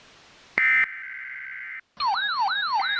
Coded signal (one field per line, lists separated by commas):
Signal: Emergency Alert System (SAME) tones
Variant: header bursts